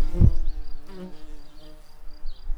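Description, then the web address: Tree bumblebee buzzing: a low droning hum with stacked harmonics, with a brief loud burst early on, then a fainter hum. Queens. "Hypnorum queens"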